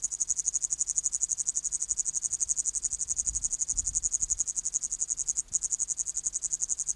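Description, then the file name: Upland green bush-cricket song, a sustained, shrill, rapidly pulsed buzz with a brief break late on, and a few soft low rumbles partway through. "Tettigonia cantans"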